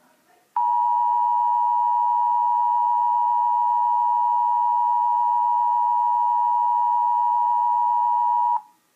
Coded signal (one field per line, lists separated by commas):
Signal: Emergency Alert System (SAME) tones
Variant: 853 and 960 Hz attention tone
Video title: EAS 593 SVR NWS Milwaukee/Sullivan